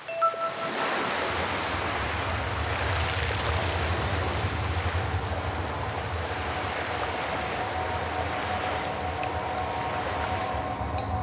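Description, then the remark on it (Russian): Sea waves wash in a steady, continuous roar at sunset, a broad hiss of surf over a deep low rumble, with no voices and no clear breaks between swells. “Пламенный закат. Море.”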